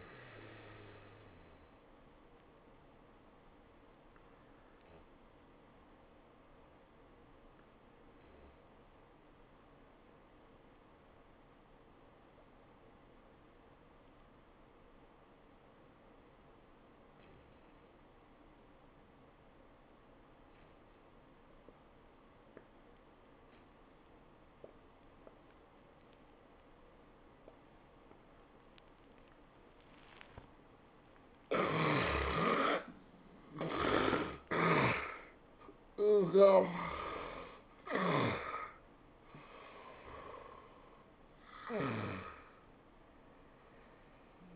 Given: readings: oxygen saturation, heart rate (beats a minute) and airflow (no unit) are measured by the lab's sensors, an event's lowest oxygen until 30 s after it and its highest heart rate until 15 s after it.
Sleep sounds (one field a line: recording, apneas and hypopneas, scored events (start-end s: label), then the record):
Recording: breathing in sleep by a voice recorder at the bedside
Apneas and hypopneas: 1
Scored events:
4.00-30.90 s: obstructive apnea (N1, oxygen 97% highest, then 71% lowest, heart rate 87 at the start, 102 highest)
16.00-44.56 s: new sleep stage, N2 (light sleep)
From the record:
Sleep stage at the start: N1 (lightest sleep)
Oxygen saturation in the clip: 75 to 97%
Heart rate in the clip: 74 to 103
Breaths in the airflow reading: 4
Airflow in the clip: -19.4 to 14.5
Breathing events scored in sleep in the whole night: 403 in 5.5 hours asleep